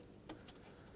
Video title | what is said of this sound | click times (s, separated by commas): How to Replace Alternator 2003-2007 Nissan Murano | and make sure it clicks so that it's locked in | 0.3 s